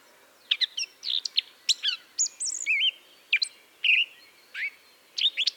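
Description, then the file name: Eurasian blackcap song: short clusters of sharp chirps broken by clear, wavering whistled notes, phrases separated by short gaps. "Sylvia atricapilla"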